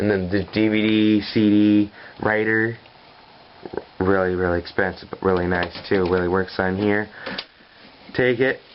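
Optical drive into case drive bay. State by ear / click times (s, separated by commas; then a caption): not seated / none. Someone talks while handling a DVD/CD writer optical drive that is about to be slid into the drive bay of a Dell Dimension L667r case, with two brief sharp taps around 3.7 s. The drive has not seated or snapped into place yet when the clip ends.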